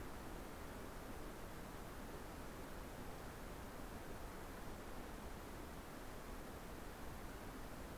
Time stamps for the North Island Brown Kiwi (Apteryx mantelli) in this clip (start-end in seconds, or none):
none